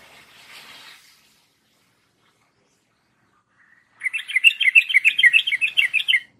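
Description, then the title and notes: Yellow-vented Bulbul song: a quick, tumbling run of bright chattering notes for about two seconds following a soft hiss. Masteran tutoring song of a champion trucuk in the 'tembakan' song style. "MASTERAN Trucukan Tembakan. trucuk juara"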